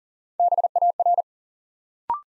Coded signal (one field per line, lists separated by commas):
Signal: Morse code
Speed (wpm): 42 wpm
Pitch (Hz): 700 Hz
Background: none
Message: BAR